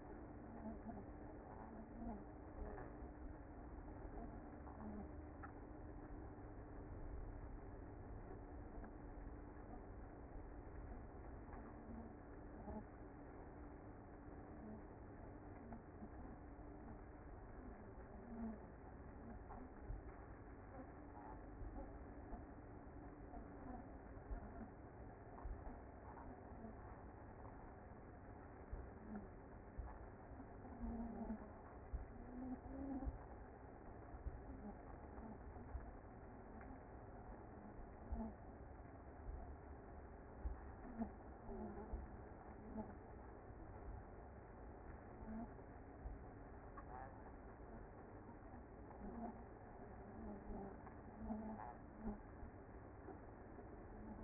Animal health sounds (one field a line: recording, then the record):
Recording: honeybee colony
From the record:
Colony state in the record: active